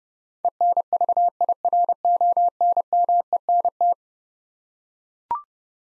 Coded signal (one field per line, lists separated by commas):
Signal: Morse code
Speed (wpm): 30 wpm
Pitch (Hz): 700 Hz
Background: none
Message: ENVIRONMENT